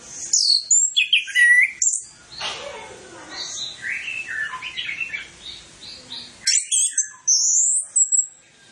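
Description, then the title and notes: Orange-headed Thrush in loud, varied song: sharp whistled notes and descending slurs, a softer mid-section of mixed chirps, then strong high whistles again from six seconds. Lure training recording of full mimicry-filled song, played to prompt Orange-headed Thrushes to sing quickly and freely. "Masteran Anis Kembang Full Isian Untuk Suara Pancingan Anis Kembang Agar Cepat Ngeplong. Suara Burung Anis Kembang"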